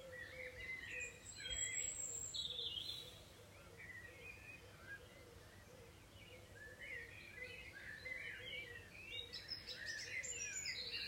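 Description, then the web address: Bird song, faint high twittering chirps in scattered bursts, some sharp and very high, over a steady low hum and a repeated mid-pitched tone. Recorded on 21 June 2020. "Birdsong. 2020 06 21 21-june-2020"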